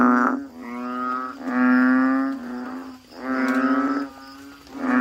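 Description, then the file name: Frog calls: long, slightly pulsing, bleating notes that swell and fade, overlapping one another, with a steady low tone running underneath. "suara kodok bangkong"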